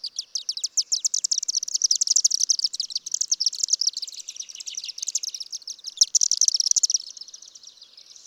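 Bird song of rapid, high, buzzy chattering notes poured out in a dense stream for about seven seconds, then tapering into quieter twitters.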